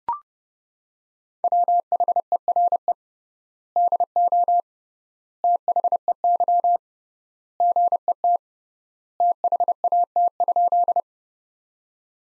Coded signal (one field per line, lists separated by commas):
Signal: Morse code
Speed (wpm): 29 wpm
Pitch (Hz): 700 Hz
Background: none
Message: WHERE DO THEY GET THAT?